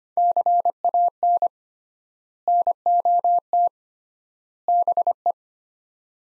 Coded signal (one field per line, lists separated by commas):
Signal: Morse code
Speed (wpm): 25 wpm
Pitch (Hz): 700 Hz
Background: none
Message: CAN NOT BE